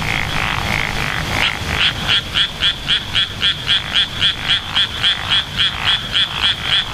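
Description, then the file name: Japanese wrinkled frog giving a few grating croaks, then a fast regular run of short pulsed notes, with a constant high insect buzz behind. "tsuchigaeru"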